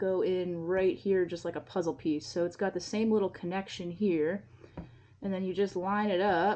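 A plastic microphone adapter is lined up with the charging-port opening of an Insta360 X3 camera, where the charging door has been removed, ready to be pressed in like a puzzle piece. Someone talks throughout the clip, and no distinct handling sounds stand out. Nothing has seated or clicked yet.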